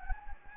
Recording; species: mosquito wingbeat signal from an infrared sensor; Anopheles gambiae